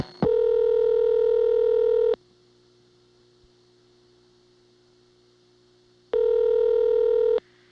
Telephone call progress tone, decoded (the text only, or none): ringback tone